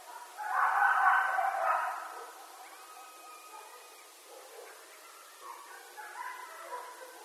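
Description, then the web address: Coyote chorus: a loud burst of overlapping wavering howls, then quieter scattered wavering cries continuing to the end. Several coyotes recorded on 1 October 2012. "Coyote 2012 10 01 Coyotes"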